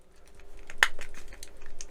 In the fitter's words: pop it into place.